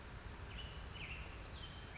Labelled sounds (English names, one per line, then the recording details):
Brown Creeper
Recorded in Sonoma County, California